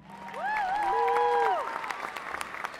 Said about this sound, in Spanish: Después de una gran presentación y una enorme ovación del público, conversamos un rato con el creador y director de la orquesta.